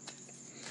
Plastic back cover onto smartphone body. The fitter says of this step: and it easily snaps right into place for you